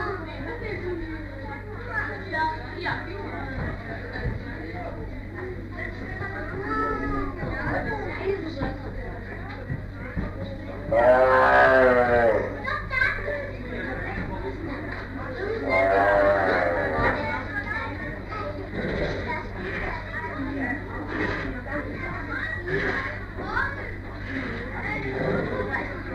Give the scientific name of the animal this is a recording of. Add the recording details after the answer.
Panthera tigris. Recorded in captivity. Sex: pair. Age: adult. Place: Tierpark Berlin, Berlin, DE. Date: 1959-05-28 10:00. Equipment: Smaragd. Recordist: TSA. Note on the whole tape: Begrüßung zwischen Lissy und Cäsar: Prusten von Lissy, Rufe von Cäsar. Abstand ca. 3 m. Aufnahmezeit: 10-14.30 Uhr